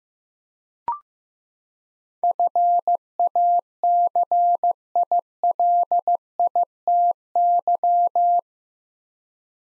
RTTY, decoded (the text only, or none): none